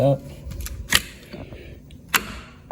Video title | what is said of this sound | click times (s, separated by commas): Retractable Baby Gate with Pet Door 55 inch Wide | you hear the click. | 1.0 s, 2.2 s